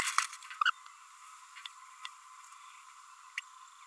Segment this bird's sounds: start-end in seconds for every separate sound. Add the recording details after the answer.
0.61-0.63, 0.65-0.70, 3.38-3.40. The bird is a male. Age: 28 days. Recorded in a nest box in Venezuela. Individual 17B32A6